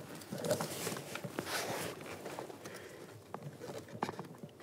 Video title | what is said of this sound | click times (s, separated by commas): How to Replace Blower Motor Module 2002-2009 Chevrolet Trailblazer | press that in listen for a click give it a light tug | 4.0 s